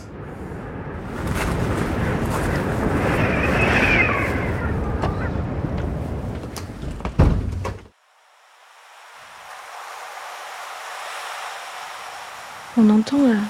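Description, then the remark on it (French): Wind and breaking waves, heard from a house just behind a dune and very close by, make a loud, steady rushing roar for several seconds, then give way to a softer, even hiss, with a voice starting briefly at the end. “On entend les vagues et le vent, on est juste derrière la dune, donc on est très très proche du terrain et on se laisse bercer assez facilement par ce vent et par les vagues.”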